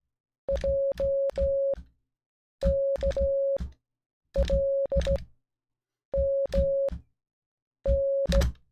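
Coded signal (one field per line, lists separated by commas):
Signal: Morse code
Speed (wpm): 16 wpm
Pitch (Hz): 550 Hz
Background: music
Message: JKLMN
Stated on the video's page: Morse code practice of alphabet, words and numbers 1-10.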